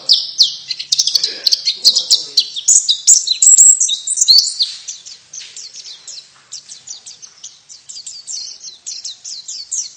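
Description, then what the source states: White-eye twittering song, rapid high chirps in a dense stream that fades slightly toward the end. Female bird.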